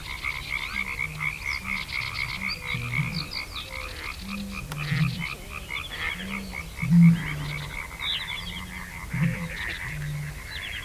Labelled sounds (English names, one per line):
Reed Bunting